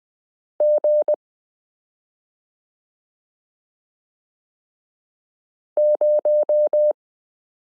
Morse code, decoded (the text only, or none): G0